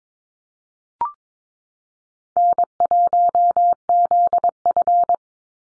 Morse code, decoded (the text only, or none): N1ZF